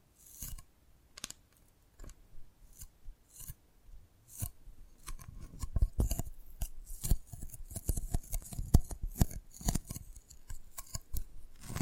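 Tapping and cracking on a brittle dalgona candy: sharp, bright clicks and snaps arrive irregularly, sparse for the first five seconds, then thicken into a busier stream of crisp cracks and scrapes. Some louder snaps stand out around six, seven and nine seconds.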